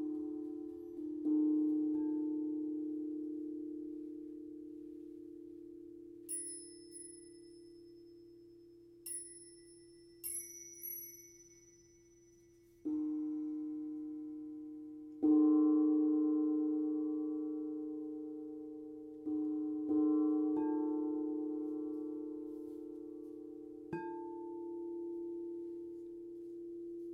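A sound bath of ringing bowls: sustained low, pure tones hum continuously while new strikes land every few seconds, around 1, 13, 15, 20 and 24 seconds. Between 6 and 11 seconds, small bright chimes ping high above the drone and fade quickly.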